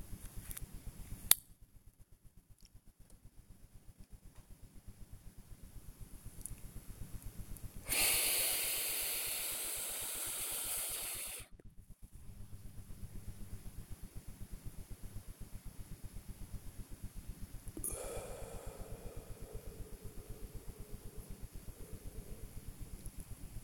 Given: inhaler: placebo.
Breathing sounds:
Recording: one use of a dry powder inhaler by a smartwatch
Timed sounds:
0.27-1.52 s: inhaler activation
7.80-11.63 s: inhalation
17.69-23.17 s: exhalation

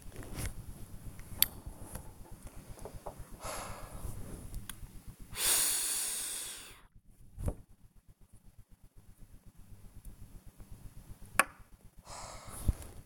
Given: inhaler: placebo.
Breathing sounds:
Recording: one use of a dry powder inhaler by a smartwatch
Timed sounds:
0.07-2.11 s: inhaler activation
3.31-4.24 s: exhalation
5.28-6.96 s: inhalation
12.00-12.99 s: exhalation

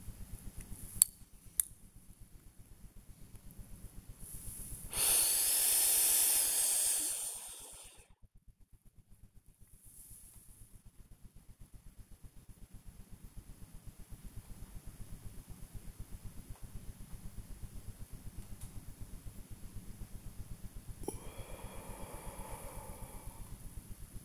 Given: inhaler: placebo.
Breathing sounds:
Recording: one use of a dry powder inhaler by a smartwatch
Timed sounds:
0.32-1.86 s: inhaler activation
4.85-8.23 s: inhalation
21.00-23.74 s: exhalation

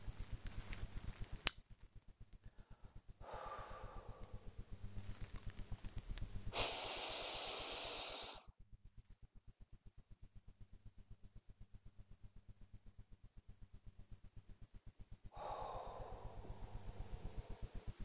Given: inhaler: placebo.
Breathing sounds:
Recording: one use of a dry powder inhaler by a smartwatch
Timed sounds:
0.23-2.04 s: inhaler activation
3.15-4.97 s: exhalation
6.42-8.57 s: inhalation
15.22-18.00 s: exhalation

